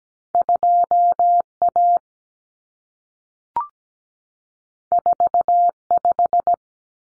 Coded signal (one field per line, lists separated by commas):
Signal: Morse code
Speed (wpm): 17 wpm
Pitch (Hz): 700 Hz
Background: none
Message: 2A 45